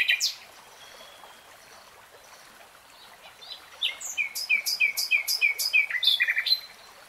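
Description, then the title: Nightingale song: a single sharp note, a quiet gap, then a loud rhythmic series of repeated chopped notes for about three seconds. Real-time recording, not slowed. "[Tiếng chim hót] Nightingale Singing"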